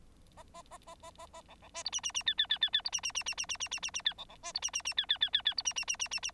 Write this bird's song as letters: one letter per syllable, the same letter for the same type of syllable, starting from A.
A A A A A A A B B C D E E E F F F F F D E E E E E E E E E E F B B C D E E E F F F F F D E E E E E E